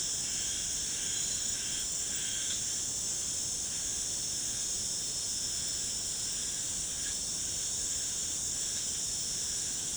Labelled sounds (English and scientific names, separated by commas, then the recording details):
none
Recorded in secondary vegetation near Puerto Asís, Putumayo, Colombia, on 20 December 2024 at 18:30
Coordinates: 0.489, -76.322
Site G059